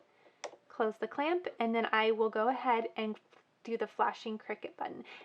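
A red marker pen is pushed down into the accessory clamp of a craft cutting machine and clicks into place at 0.4 s, a short sharp snap. Someone then talks over the rest of the clip.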